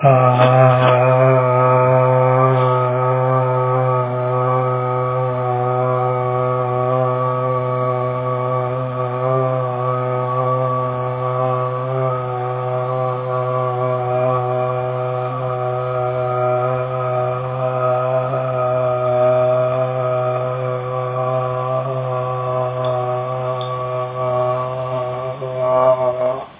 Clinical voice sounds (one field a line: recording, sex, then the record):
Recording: sustained vowel /a/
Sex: male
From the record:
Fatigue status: no fatigue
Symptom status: asymptomatic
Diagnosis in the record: COVID-19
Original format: 3gp